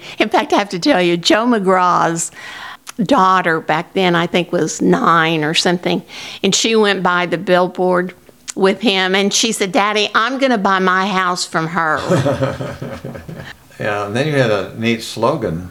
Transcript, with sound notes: in fact, I have to tell you, Joe McGraw's daughter back then, I think was 9 or something, and she went by the billboard with him and she said, "Daddy, I'm gonna buy my house from her."
(Chuckling) Yeah, and then you had a neat slogan: